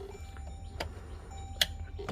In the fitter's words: You hear the click, and then